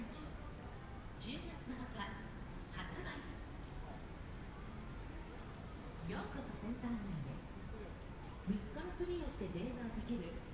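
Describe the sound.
A walk through Shibuya in Tokyo, with voices talking over a steady street hum. Speech comes in short bursts throughout, busier after about six seconds, with a sharp knock near eight and a half seconds.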